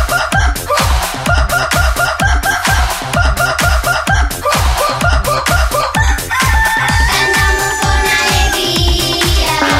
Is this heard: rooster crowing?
yes